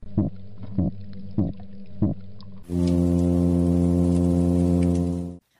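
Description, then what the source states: Midshipman fish hum: a steady, low droning tone with rich harmonics that lasts about three seconds. It follows four short, low thumping pulses. A midshipman fish guarding its nest, described as a disturber of the peace.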